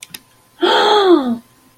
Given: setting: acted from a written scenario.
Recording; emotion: vocal sound without words; realization